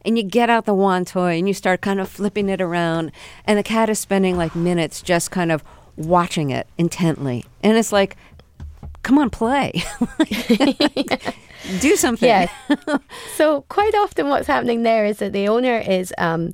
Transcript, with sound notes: And you get out the wand toy and you start kind of flipping it around, and the cat is spending, like, minutes just kind of watching it intently. And it's like, come on, play. (LAUGHTER) Do something (laughter)
Yeah. So quite often what's happening there is that the owner is